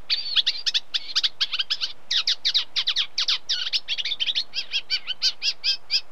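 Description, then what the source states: Eurasian Reed Warbler song: rapid, scratchy chatter of repeated harsh notes. Unmated male singing.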